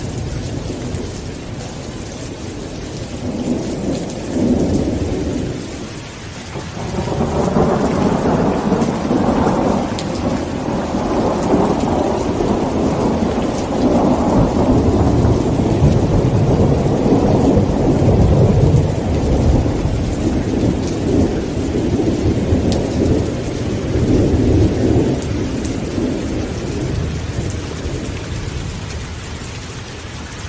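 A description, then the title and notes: A powerful thunderstorm with steady rain hissing across the whole clip. Thunder rumbles low and long, swelling after about seven seconds and rolling on near-continuously until the end, with a brief dip around six seconds. Dense raindrop patter stays constant underneath. Great Thunder & Rain Sounds. A powerful thunderstorm accompanied by the soothing sound of raindrops.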